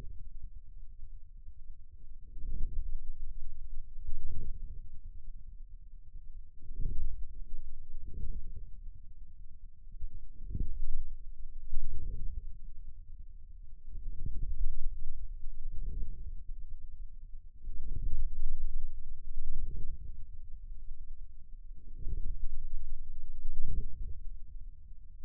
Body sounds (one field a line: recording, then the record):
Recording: forearm muscle sounds (acoustic myography)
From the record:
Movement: inward rotation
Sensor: system 2, bracelet of six BSWA MPA416 microphones around the upper forearm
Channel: 1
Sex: male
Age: 22 years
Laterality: right